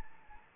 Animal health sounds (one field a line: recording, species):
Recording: mosquito wingbeat signal from an infrared sensor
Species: Anopheles gambiae